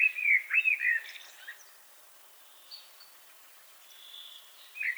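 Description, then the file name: Common blackbird song with a loud mellow, wavering whistled phrase and a brief squeaky ending, then faint high notes and another fluty phrase starting at the end. "Turdus merula"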